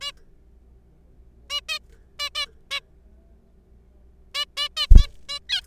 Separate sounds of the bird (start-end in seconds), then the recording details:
0.01-0.12, 1.50-1.60, 1.69-1.79, 2.19-2.29, 2.35-2.46, 2.71-2.80, 4.34-4.45, 4.57-4.68, 4.77-4.87, 4.97-5.07, 5.29-5.39, 5.49-5.61. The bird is a juvenile. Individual R3428